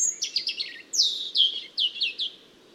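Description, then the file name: European robin song with a rapid high twittering opening, then a series of clear descending whistled notes repeated several times before fading out. "Erithacus rubecula"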